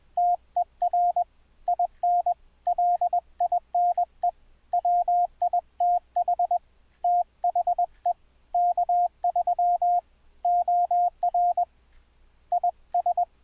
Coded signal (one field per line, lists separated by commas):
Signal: Morse code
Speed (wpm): 20 wpm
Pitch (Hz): 700 Hz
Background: radio noise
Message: TER IN LINE WITH THE K3 OR IS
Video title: iCW - 2012 - How to send morse code over the internet on WINDOWS 7: THE BASIC SETUP